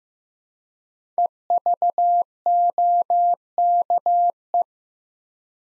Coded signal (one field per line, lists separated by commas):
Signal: Morse code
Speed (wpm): 15 wpm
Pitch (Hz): 700 Hz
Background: none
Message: EVOKE